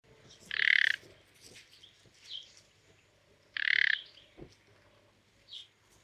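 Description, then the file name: Common nightingale song: two loud, dense buzzy bursts about three seconds apart, with faint short chirps between them. "Luscinia megarhynchos"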